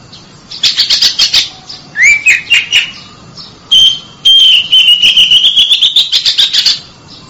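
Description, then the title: Oriental magpie-robin giving rising whistled notes and a long sustained whistle overlaid with fast rattling, buzzy chatter repeated in quick pulses. Chirping song of a champion bird. "Kicau Burung Kacer Juara"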